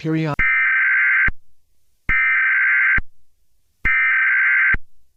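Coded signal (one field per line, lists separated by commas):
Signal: Emergency Alert System (SAME) tones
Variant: header bursts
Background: speech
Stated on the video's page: Fictional EAS scenario, not a real broadcast.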